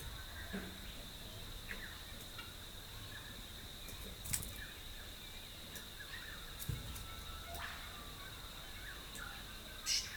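A rural dawn chorus in Rathdowney, Queensland, with scattered bird calls and chirps rising and falling over a steady high insect-like whine. Sharp clicks or taps stand out around four, seven and ten seconds, above a low, soft rumble.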